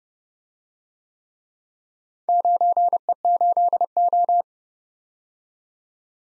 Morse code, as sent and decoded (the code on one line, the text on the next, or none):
----. . ---.. ---
9E8O